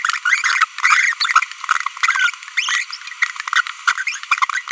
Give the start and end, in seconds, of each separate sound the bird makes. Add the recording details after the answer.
0.24-0.42, 0.43-0.66, 2.03-2.30, 2.57-2.83, 3.53-3.60, 3.87-3.92, 3.98-4.02. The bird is a female. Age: 25 days. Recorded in a nest box in Venezuela. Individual 17B42B1